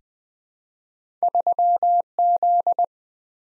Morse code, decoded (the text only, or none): 3Z